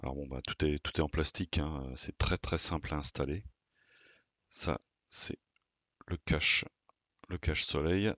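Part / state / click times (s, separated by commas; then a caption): plastic sun shade onto red dot sight housing / not seated / none. A plastic anti-glare sun shade is being handled at the front of a red dot sight housing while someone talks, with faint handling noises in the pauses. The shade has not clipped on or seated yet by the end.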